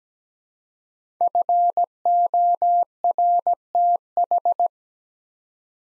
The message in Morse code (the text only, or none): FORTH